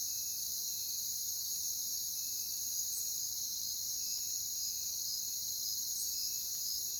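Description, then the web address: Crickets: a continuous shrill, high trilling chorus, with faint short chirps flickering through it. "WLL Grade 1-12 Pre-Uni Library Natures Songs Sleep Sounds of Nature CRICKETS Crickets"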